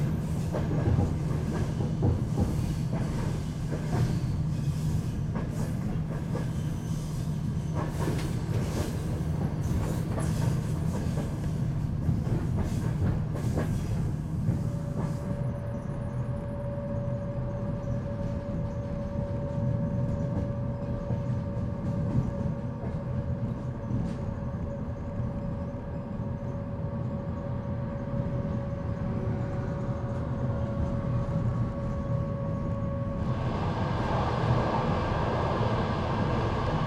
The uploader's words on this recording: You are going to the Carpathian Mountains by an old night train.